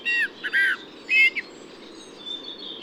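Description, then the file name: Eurasian blackbird song: three rich whistled phrases with descending slurred notes in quick succession, then faint high thin twitters. Recorded 8 June 2019 at a camp in Ísafjörður. "cbbird-merula-1-M-S is isafjördur-camp"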